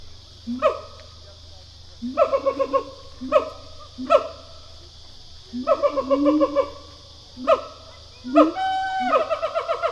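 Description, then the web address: Siamang pair call: loud harmonic whoops and barks in repeated bursts, some rising and trilled, with rapid pulsed series. "Sound Effects-Foundation. Animal Gibbon Siamang pair call"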